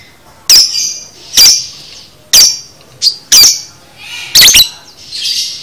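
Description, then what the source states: Lovebird giving harsh shrill squawks about once a second, each sliding into a buzzy trill, ending in a softer rasping buzz. Training recording (masteran) of a lovebird in the konslet chatter style, used to teach birds to chatter.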